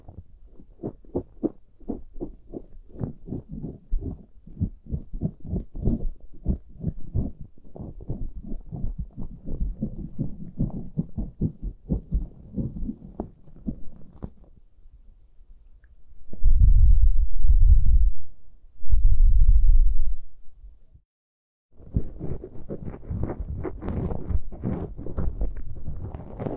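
Ear picking, starting with rapid, regular soft taps and scratches that fill the first fifteen seconds. Around sixteen to twenty seconds come two loud, deep, muffled thumps, then a brief silence before brighter, denser scraping and rustling resumes to the end.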